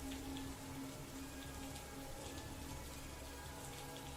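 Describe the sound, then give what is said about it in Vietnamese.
A rain shower falls steadily, a soft continuous hiss of drops with faint pattering and no voices, holding an even, fairly quiet level throughout. “Cơn mưa rào đến nhanh rồi cũng tạnh nhanh.”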